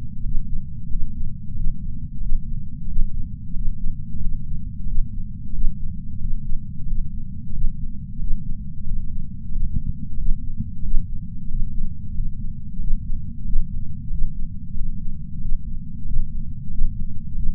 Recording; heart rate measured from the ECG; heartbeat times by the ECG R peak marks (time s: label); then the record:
heart sounds by patch sensor on the chest; 91 bpm
0.22 s: heartbeat
0.89 s: heartbeat
1.54 s: heartbeat
2.20 s: heartbeat
2.86 s: heartbeat
3.53 s: heartbeat
4.20 s: heartbeat
4.86 s: heartbeat
5.52 s: heartbeat
6.19 s: heartbeat
6.86 s: heartbeat
7.52 s: heartbeat
8.18 s: heartbeat
8.84 s: heartbeat
9.50 s: heartbeat
10.16 s: heartbeat
10.82 s: heartbeat
11.48 s: heartbeat
12.13 s: heartbeat
12.78 s: heartbeat
13.43 s: heartbeat
14.09 s: heartbeat
14.74 s: heartbeat
15.39 s: heartbeat
16.04 s: heartbeat
16.69 s: heartbeat
17.34 s: heartbeat
From the record:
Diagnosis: coronary artery disease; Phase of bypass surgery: postoperative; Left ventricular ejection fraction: 63.8%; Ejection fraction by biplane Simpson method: 63.7%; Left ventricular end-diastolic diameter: 46 mm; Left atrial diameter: 36 mm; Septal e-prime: 6 cm/s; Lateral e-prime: 8.7 cm/s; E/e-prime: 11.2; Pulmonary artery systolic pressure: 20 mmHg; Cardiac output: 4.6 L/min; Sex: male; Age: 58 years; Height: 170 cm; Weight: 80 kg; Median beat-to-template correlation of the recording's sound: 0.85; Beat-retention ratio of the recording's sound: 0.99